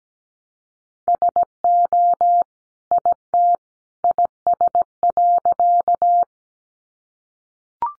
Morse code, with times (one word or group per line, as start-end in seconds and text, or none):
1.1-2.4 SO
2.9-3.5 IT
4.0-6.2 IS.